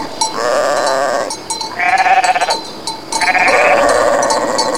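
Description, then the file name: Goat bleats, long quavering and nasal, one following another with hardly a gap, light clinking sounds behind them. "kozy"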